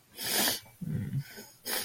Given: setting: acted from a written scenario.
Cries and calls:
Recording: vocal sound without words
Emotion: sadness

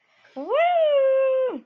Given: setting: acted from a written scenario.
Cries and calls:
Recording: vocal sound without words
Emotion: amusement

